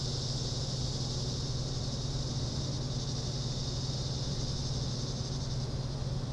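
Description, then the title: Cicadas droning in a steady, unbroken high buzz throughout, over a constant low rumbling hum. Summer cicadas. "neoscenes: summer cicadas"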